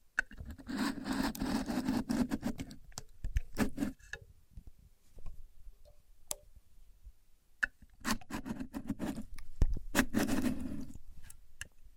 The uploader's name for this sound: Using A Contour Gauge (No Talking)